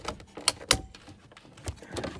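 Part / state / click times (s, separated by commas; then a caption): speedometer assembly part into the instrument cluster / seated / 0.5 s, 0.7 s. During a speedometer replacement on a 1996–97 Thunderbird, a part of the speedometer assembly is pushed into the instrument cluster, with soft handling noises around it. Two sharp, loud snaps ring out at 0.5 and 0.7 seconds, followed by quieter rustling. The part snaps into place and is seated.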